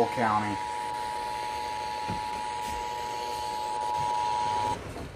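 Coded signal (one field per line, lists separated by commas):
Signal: Emergency Alert System (SAME) tones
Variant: 853 and 960 Hz attention tone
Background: speech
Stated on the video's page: Flash flood warning received on a NOAA Weather Radio transmitter and a broadcast station.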